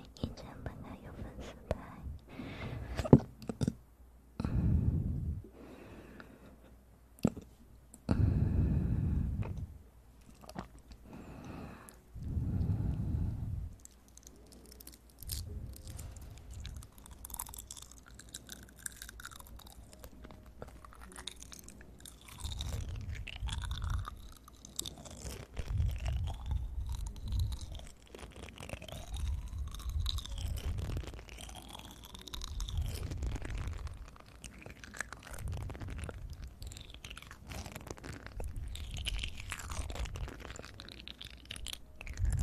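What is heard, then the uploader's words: Ear eating sounds: wet chewing and crunching with soft mouth clicks. The first fifteen seconds bring heavy, low, muffled bursts every couple of seconds, then a steadier run of rhythmic smacking and sucking with swooping, rising and falling squeaks. Relaxing Ear Eating.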